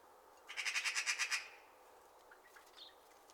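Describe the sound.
Magpie rattling chatter: one harsh burst of rapid, evenly spaced clacks, then a few faint chirps from other birds.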